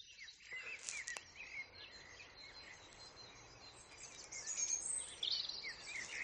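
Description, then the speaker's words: European robin song, thin high warbled notes set among steady background noise. In full song in a bush, at dawn as it is getting light; song serves to hold territory and attract a mate. "Now in this bush behind me, we've got a robin in full song."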